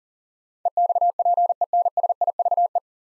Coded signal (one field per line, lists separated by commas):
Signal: Morse code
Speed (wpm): 40 wpm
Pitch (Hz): 700 Hz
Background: none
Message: EXPENSIVE